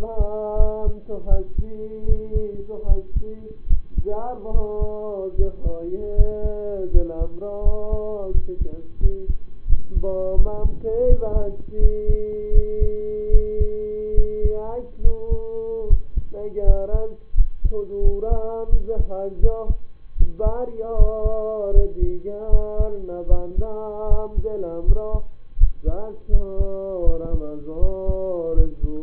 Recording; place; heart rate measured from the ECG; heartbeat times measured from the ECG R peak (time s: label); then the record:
heart sounds by stethoscope; between the tricuspid and mitral areas; 79 bpm
0.56 s: heartbeat
1.28 s: heartbeat
2.05 s: heartbeat
2.86 s: heartbeat
3.67 s: heartbeat
4.51 s: heartbeat
5.35 s: heartbeat
6.14 s: heartbeat
6.91 s: heartbeat
7.62 s: heartbeat
8.31 s: heartbeat
8.99 s: heartbeat
9.66 s: heartbeat
10.35 s: heartbeat
11.06 s: heartbeat
11.79 s: heartbeat
12.51 s: heartbeat
13.30 s: heartbeat
14.14 s: heartbeat
15.01 s: heartbeat
15.86 s: heartbeat
16.63 s: heartbeat
17.34 s: heartbeat
18.01 s: heartbeat
18.69 s: heartbeat
19.39 s: heartbeat
20.16 s: heartbeat
20.95 s: heartbeat
21.72 s: heartbeat
22.49 s: heartbeat
23.27 s: heartbeat
24.07 s: heartbeat
24.84 s: heartbeat
25.57 s: heartbeat
26.29 s: heartbeat
27.03 s: heartbeat
27.78 s: heartbeat
28.53 s: heartbeat
From the record:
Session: rest, lying down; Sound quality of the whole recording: partially saturated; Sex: male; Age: 25 years